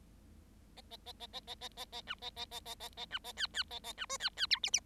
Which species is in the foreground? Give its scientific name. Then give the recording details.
Lonchura striata domestica. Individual Bird7